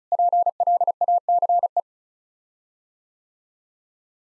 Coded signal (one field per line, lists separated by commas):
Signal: Morse code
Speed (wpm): 34 wpm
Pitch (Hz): 700 Hz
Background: none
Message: PLACE